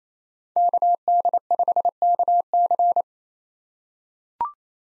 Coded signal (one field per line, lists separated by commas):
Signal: Morse code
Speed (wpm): 28 wpm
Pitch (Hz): 700 Hz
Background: none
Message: KD5KC